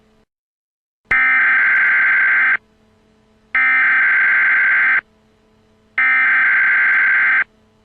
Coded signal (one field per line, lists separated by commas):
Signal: Emergency Alert System (SAME) tones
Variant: header bursts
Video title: EAS Scenario | The Creature.